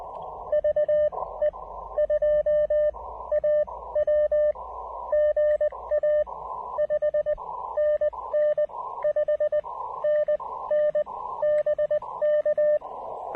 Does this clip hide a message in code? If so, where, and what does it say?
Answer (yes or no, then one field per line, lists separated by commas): yes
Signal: Morse code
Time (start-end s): 0.5-12.8 s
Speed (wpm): 18 wpm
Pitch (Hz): 590 Hz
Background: none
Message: VE2AW GA 5NN 5NN BK